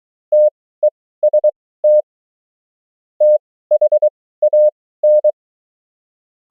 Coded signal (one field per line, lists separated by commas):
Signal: Morse code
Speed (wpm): 23 wpm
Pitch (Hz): 600 Hz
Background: none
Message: TEST THAN